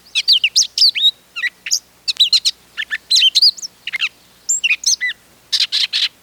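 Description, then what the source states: Catbird song of varied, jumbled phrases: quick squeaky slurred notes and chirps in bursts, with short pauses between them, over a quiet background. From a radio programme of 24 June 1987.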